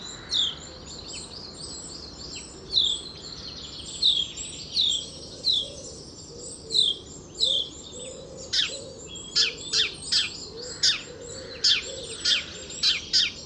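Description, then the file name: House sparrow chirps in a quick regular run of sharp chirps in the second half, after repeated falling whistled phrases from another bird, with faint low cooing. "Passer domesticus"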